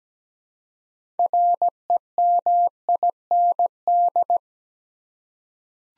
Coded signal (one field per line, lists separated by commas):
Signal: Morse code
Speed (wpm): 17 wpm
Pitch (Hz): 700 Hz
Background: none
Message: REMIND